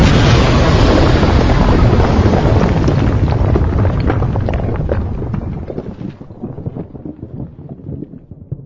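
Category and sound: sound effect, dynamite explosion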